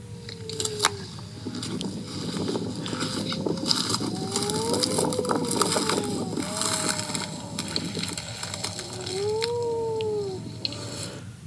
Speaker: So that's a wedge-tailed shearwater calling during the day to other birds.